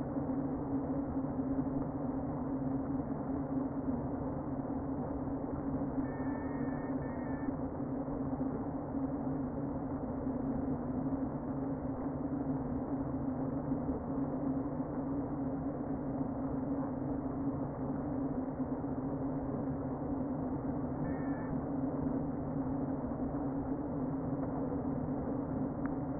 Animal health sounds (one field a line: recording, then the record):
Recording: honeybee colony, microphone inside the hive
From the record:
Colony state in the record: queen present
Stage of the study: before two queens were removed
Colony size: about 60,000 bees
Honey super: yes